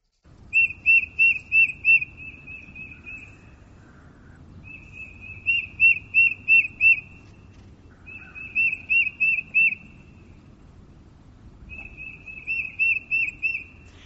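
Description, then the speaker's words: Tufted Titmouse calls: four bursts of quick, high, clear repeated notes, several per burst, over low background noise. Two birds, probably a pair, calling back and forth to each other with contact calls; resident birds that stay in pairs through much of the year. "Those are actually two titmice talking to each other."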